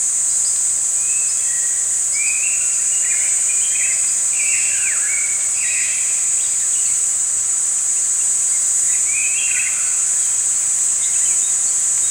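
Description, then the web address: Bird song of short whistled and warbled phrases in scattered bursts, over a steady high-pitched insect-like hiss that runs throughout. Morning in a forest. "Dr Sound Effects. Morning Birds Singing In a Forest"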